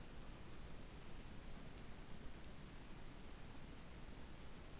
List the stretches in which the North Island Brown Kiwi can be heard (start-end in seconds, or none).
none